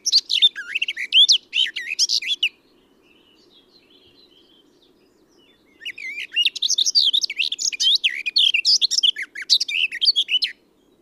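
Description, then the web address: Eurasian blackcap warbling song in two phrases, a short opening burst and a longer lively jumble of high chirps and whistles after a quiet gap. "SETE Sylvia atricapilla"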